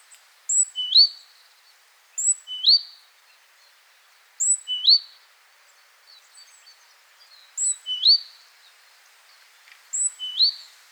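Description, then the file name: Great tit: a very high thin note followed by a lower, rising, slurred note, the pair repeated five times at slightly irregular intervals against a quiet background. "Parus major"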